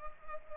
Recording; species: mosquito wingbeat signal from an infrared sensor; Culex pipiens